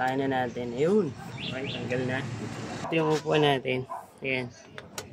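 Someone talks while handling the seat of a Yamaha NMAX V2 non-ABS scooter, bringing its motorcycle seat latch toward the newly installed key compartment seat lock. A couple of brief, sharp knocks come near the end, around 4.8 and 5.0 seconds. The latch has not seated or clicked into the lock yet.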